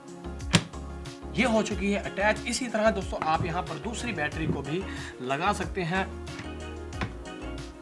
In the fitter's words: to attach battery is very easy you'll hear click sound and battery attached now battery attached.